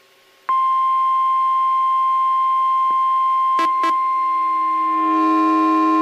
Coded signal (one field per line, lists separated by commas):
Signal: Emergency Alert System (SAME) tones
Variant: 1050 Hz attention tone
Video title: NOAA Weather Radio EAS #1,101 & #1,102 Tropical Storm Warning 7/2/14 10:54 AM